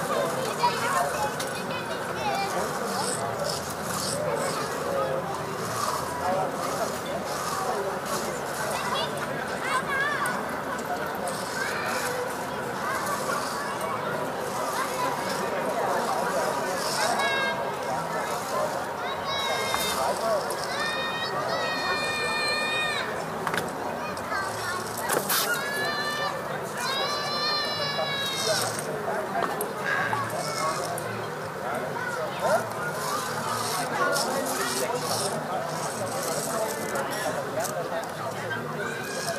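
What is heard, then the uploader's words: Children play on a playground, a steady, dense murmur of voices with frequent high shouts and squeals, especially around 18 to 28 seconds. Audio Journeys of Berlin: Summer Evening Joy and Child Play. Step into a blissful summer evening in Berlin with this immersive audio journey. Begin at the joyful hum of a children's playground.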